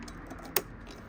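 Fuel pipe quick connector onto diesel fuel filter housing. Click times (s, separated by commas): 0.6 s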